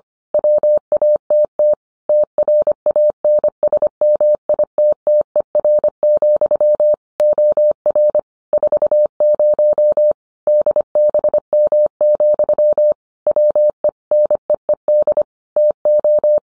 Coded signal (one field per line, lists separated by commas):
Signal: Morse code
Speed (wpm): 25 wpm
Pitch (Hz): 600 Hz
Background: none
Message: WATT TRANSMITTER, OR 40 DBM, WE NEED TO